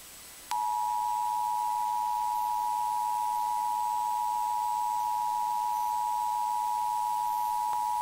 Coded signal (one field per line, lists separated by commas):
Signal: Emergency Alert System (SAME) tones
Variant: 853 and 960 Hz attention tone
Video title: EAS 1693: New Hampshire RMT